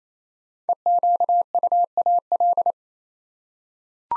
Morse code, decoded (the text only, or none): EQUAL